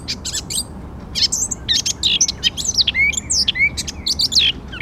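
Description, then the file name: Eurasian blackcap song, a dense scratchy warble mixed with bright whistled slurs, continuous and hurried throughout, with soft low background noise. "Sylvia atricapilla"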